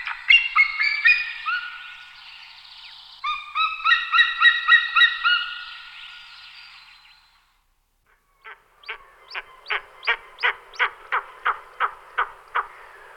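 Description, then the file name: White-tailed eagle calling with harsh, harmonic yelping notes in a long run, then after a short gap a fast series of clipped, evenly spaced yelps. "Orel morsky Haliaetus albicilla"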